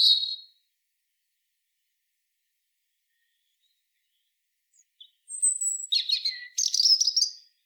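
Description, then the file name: European robin song: a brief high trill opens, then after a long silence a varied run of thin whistles and rapid twittering notes, with no other sounds. "Erithacus rubecula"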